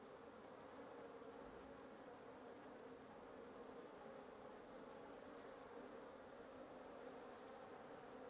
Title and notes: 1a Avenida Nte 19, Antigua Guatemala, Guatemala - Un nid de guêpes. Un nid de guêpes sous le toit de ma résidence. Prise de sons (matinale) : JF CAVRO